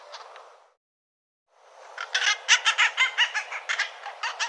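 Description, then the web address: Bird giving a few rough notes, a short silence, then a rapid, pulsing series of loud, harsh calls. "cianscape birddata Deverinetal 2025 Bird Co Co Co Co"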